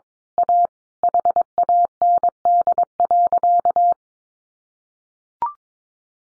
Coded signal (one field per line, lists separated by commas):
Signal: Morse code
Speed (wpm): 22 wpm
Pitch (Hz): 700 Hz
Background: none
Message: A HAND.